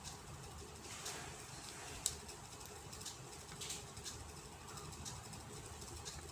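A small cable connector, likely the antenna/signal cable, is pressed onto the mainboard socket of an Oppo A5S smartphone during reassembly after water damage. A sharp, short click at 2.1 s over low background noise shows it has seated, since the connector is not properly seated until it clicks.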